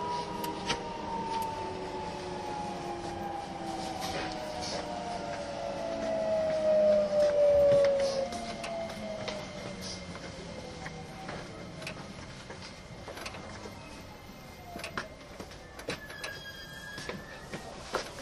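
A train running, its motor whine sliding steadily downward in pitch as it slows, peaking in loudness around seven to eight seconds. A low, continuous rumble fills the rest, broken by scattered clicks and rattles, with a faint thin tone near the end.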